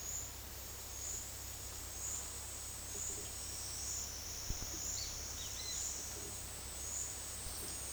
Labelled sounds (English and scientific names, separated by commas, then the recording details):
Great Kiskadee (Pitangus sulphuratus)
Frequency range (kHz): Great Kiskadee (Pitangus sulphuratus) 2.4-5.5 kHz
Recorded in dense forest near Puerto Asís, Putumayo, Colombia, on 18 February 2024 at 11:30
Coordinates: 0.485, -76.322
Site G6406